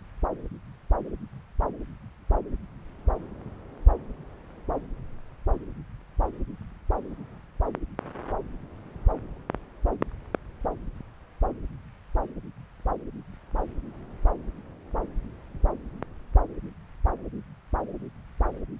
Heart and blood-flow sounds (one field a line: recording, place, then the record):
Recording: Doppler ultrasound of blood flow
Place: right subclavian vein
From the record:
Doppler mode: continuous wave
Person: adult scuba diver, at rest before a dive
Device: O'Dive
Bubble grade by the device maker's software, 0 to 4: 0